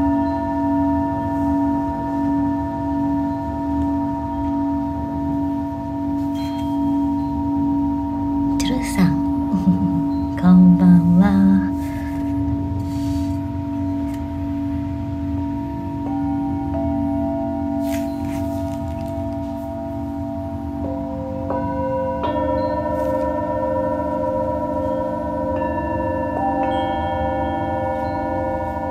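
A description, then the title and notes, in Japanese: Singing bowls ring in a steady, layered drone of low hum and clear sustained tones throughout. Around nine to twelve seconds a brief rustle and a wavering, bending note break in, and near twenty-two seconds new higher bowl tones are struck and join the blend. シンギングボウルのサウンドヒーリング。チベタンシンギングボウル。メキシコ。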